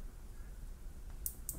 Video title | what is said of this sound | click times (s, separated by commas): Onn Tablet Pro: How to Connect Micro SD Card | until it clicks I don't know if you heard but yeah it made a click | 1.3 s, 1.5 s